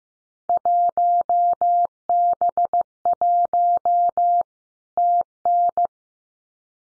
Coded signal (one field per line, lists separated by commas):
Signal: Morse code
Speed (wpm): 15 wpm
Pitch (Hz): 700 Hz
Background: none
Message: 1B1 TN